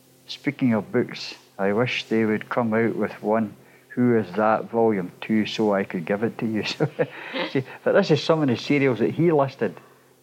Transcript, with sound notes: Speaking of books, I wish they would come out with 'Who is That, Volume II' so I could give it to you" [laughs] now this is some of the serials he's listed, see?